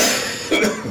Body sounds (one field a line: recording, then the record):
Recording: coughing mixed with background sound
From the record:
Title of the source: Spring Cold Coughing 3